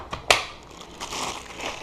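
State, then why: Seated. An 18 V Ryobi lithium-ion tool battery pack is pushed onto its plastic charger. After a faint tick at 0.1 s, it latches with a sharp click at 0.3 s, followed by soft rustling and handling noise. The battery is seated in the charger.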